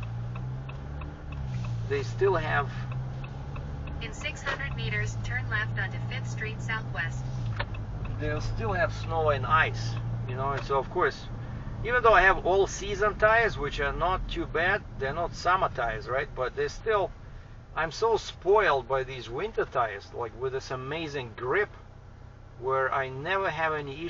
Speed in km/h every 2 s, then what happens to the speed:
6, 23, 38, 40, 14, 13, 21, 23, 19, 19, 19, 19.
0-3 speeds up to 38. 3-8 slows to 14. 10-13 speeds up to 23. 13-24 steady at about 19.